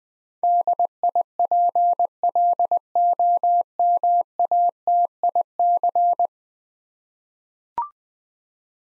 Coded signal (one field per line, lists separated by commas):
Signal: Morse code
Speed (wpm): 20 wpm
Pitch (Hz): 700 Hz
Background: none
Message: DIPLOMATIC